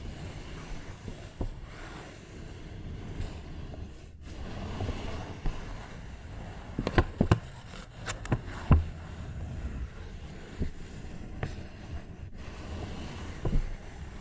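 A paper bag is tapped and scratched over a steady low rumble. Sharp, bright taps come scattered through the clip, with a quick cluster around seven to nine seconds and single knocks near one, eleven and fourteen seconds, between soft rustling.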